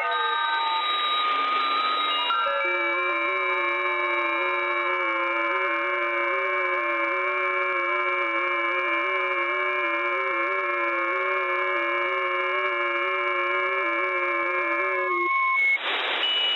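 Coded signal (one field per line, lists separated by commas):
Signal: FT8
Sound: several steady, slowly stepping pure tones together for about 13 seconds, ending one by one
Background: radio static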